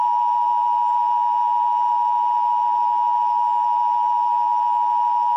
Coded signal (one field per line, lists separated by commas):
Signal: Emergency Alert System (SAME) tones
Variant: 853 and 960 Hz attention tone